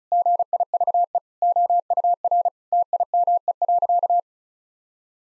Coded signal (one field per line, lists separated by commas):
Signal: Morse code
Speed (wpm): 36 wpm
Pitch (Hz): 700 Hz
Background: none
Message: GIVE OUR TIME.